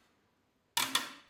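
The rotating back of a large format camera is turned to change orientation and snaps onto the camera body, held in place by magnets. After near silence, a sharp snap lands at 0.8 s and a second at 0.9 s, leaving a bright ringing tail that fades by the end. The back is seated on the magnets.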